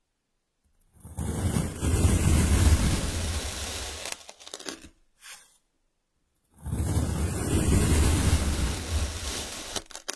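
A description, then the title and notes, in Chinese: Two bursts of powered sand, each rising suddenly into a dense, rushing hiss with a strong low rumble, the first from about one to five seconds and the second from about six and a half seconds to the end. Each burst gradually thins before stopping, with a brief faint rustle between them. 动力沙触发，沙沙声。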